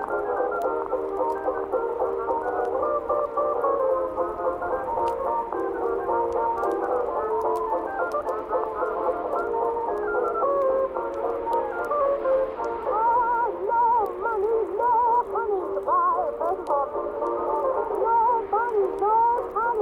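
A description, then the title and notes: Oldies music plays softly from another room, muffled and boxy, with the deep bass and crisp highs dulled away. Singing and melody lines wander steadily through the middle range for the whole stretch, at an even level, with faint ticks and clicks scattered above. Oldies music playing softly from another room.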